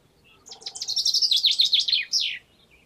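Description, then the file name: Common chaffinch song: a brisk, descending series of repeated sweet notes that speeds into a trill and ends with a short emphatic flourish, on a quiet background. "Fringilla coelebs"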